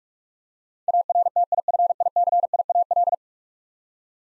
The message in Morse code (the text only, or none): ARTIFICIAL